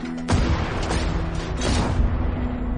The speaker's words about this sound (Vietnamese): Những viên đạn màu vàng từ nòng súng địa ngục hỏa shotgun bắn liên tục ra.